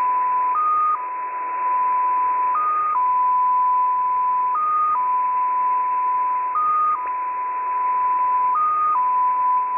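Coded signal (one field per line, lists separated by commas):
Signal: multi-tone FSK (Olivia or MFSK type)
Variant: XPA2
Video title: XPA2 On 11163kHz USB February 7, 2021 12:00 UTC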